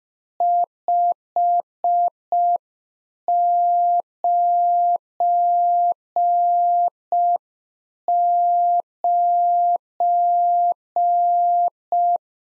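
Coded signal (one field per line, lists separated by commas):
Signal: Morse code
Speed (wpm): 5 wpm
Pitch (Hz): 700 Hz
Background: none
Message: 599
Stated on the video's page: Practice QSO at 5 wpm, one-sided complete exchange, each segment sent in Morse, spoken, then sent again for head-copy.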